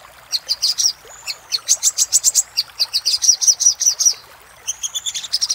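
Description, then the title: Little spiderhunter song: rapid series of high, sharp chip notes in bursts, with a brief thin whistle between phrases. Master recording made for training caged songbirds. "Masteran Burung Sogok Ontong Labaik"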